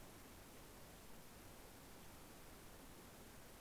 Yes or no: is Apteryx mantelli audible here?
no